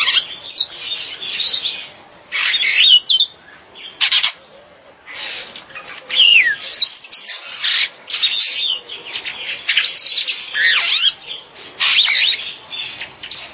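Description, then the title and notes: Bird song: a dense medley of high chirps, trills and sweeping whistled notes in bursts. "Kicau Burung Lengkap"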